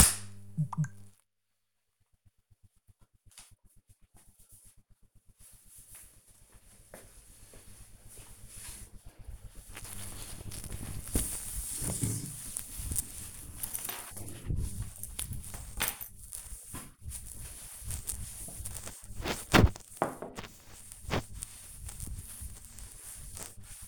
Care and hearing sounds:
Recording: household activities, microphone on the right wrist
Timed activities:
9.96-23.88 s: cleaning table

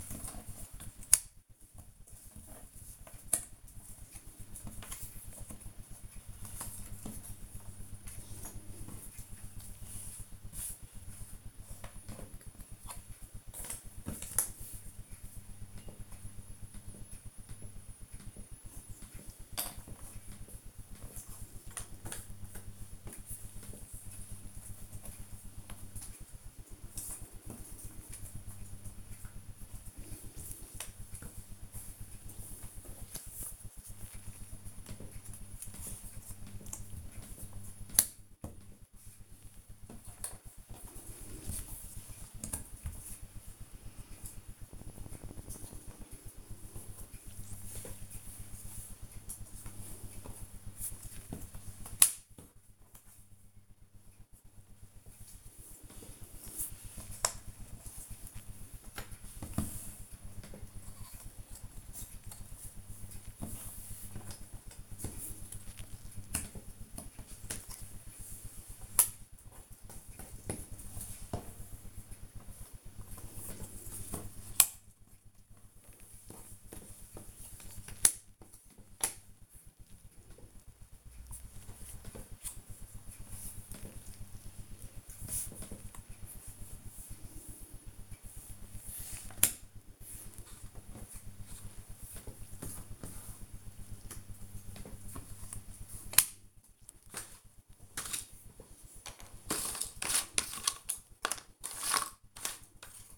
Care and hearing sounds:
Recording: household activities, microphone on the right wrist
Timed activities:
0.00-73.22 s: doing a puzzle
76.24-103.18 s: doing a puzzle

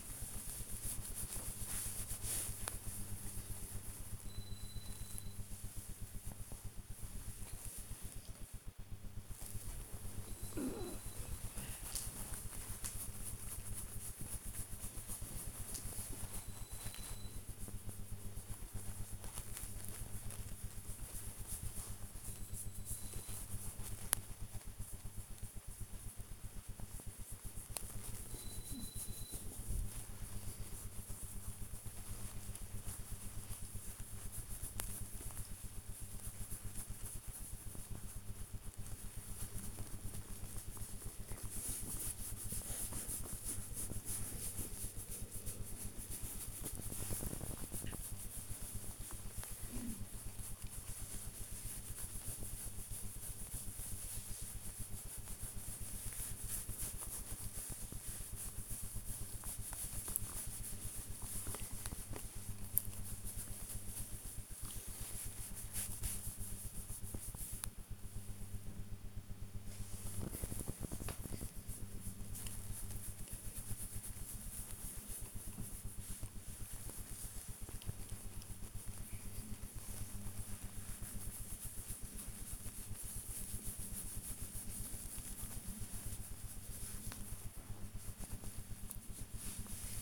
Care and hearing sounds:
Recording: household activities, microphone on the right wrist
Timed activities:
0.00-90.02 s: pet the dog

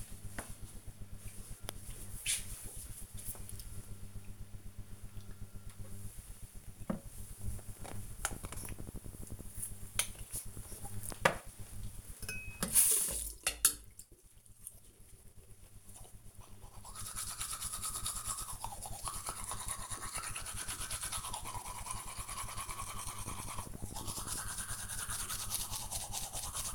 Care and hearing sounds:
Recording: household activities, microphone on the right wrist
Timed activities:
5.26-26.75 s: brushing teeth

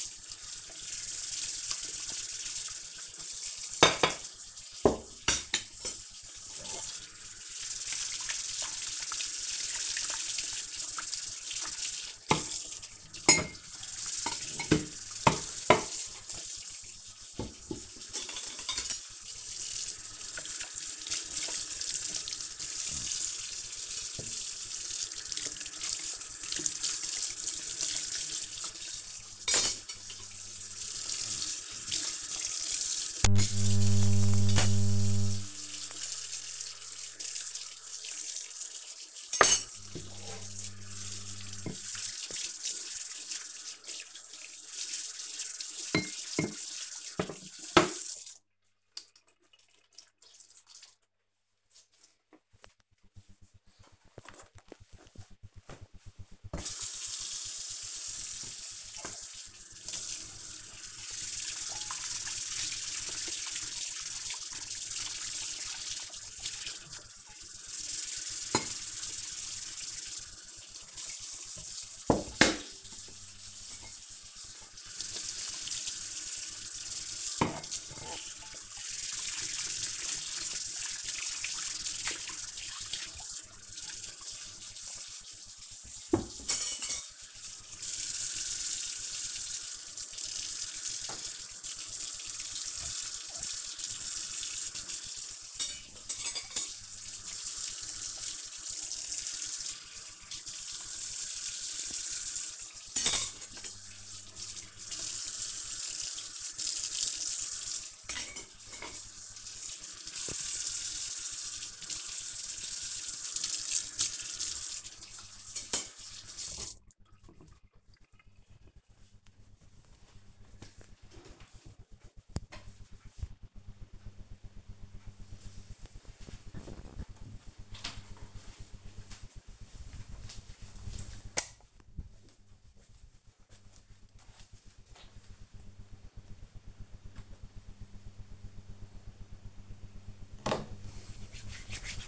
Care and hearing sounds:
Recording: household activities, microphone on the right wrist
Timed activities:
0.00-50.07 s: washing dishes
57.11-117.54 s: washing dishes
136.63-142.08 s: cream hands

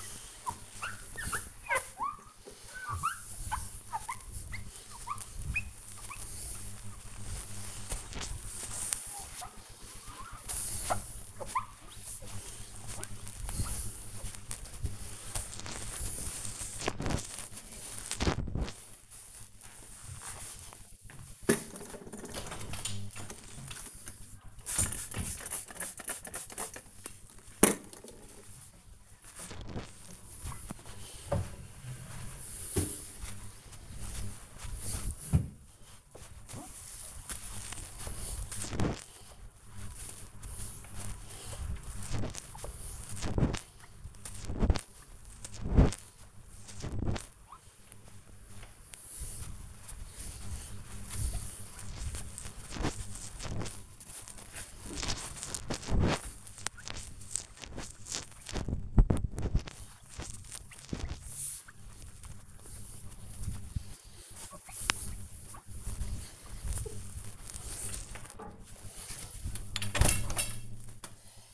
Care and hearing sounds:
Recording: household activities, microphone on the right wrist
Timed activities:
0.00-70.66 s: window cleaning

